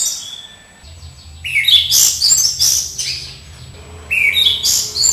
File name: anis cendana